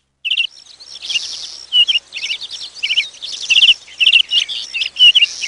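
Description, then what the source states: Bird song, dense bright chirps and quick trills tumbling in bursts, with scattered high twitters between them. Bird-sound ringtone, April 2022.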